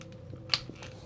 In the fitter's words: Hear it popping back off.